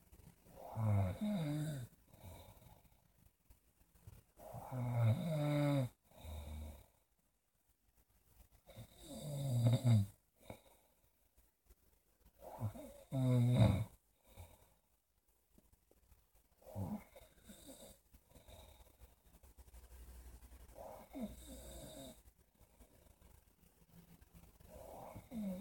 Snoring.